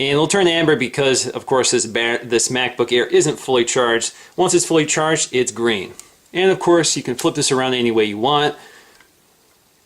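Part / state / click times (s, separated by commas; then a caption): magnetic power plug into laptop power port / not seated / none. Someone talks while handling the magnetic MagSafe power plug of a 2011 11-inch MacBook Air, which is not fully charged so its indicator light shows amber, flipping the plug around toward the laptop's power port. Speech fills most of the clip and fades to near-silence after about 8.6 s. Nothing has seated or clicked yet.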